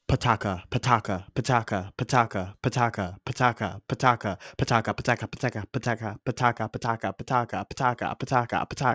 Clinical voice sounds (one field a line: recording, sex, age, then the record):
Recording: repeated syllables /pa ta ka/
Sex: male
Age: 30 to 39 years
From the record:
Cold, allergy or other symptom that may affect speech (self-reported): no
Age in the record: 31 years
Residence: Wisconsin, United States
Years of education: 15